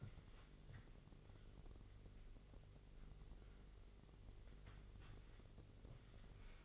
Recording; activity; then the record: daily activity, microphone in the room; wipe stove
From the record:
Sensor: 4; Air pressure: 1002.4 hPa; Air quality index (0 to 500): 216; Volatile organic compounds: 12 ppm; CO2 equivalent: 2330 ppm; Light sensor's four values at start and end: 19/67/25/24 and 19/67/25/24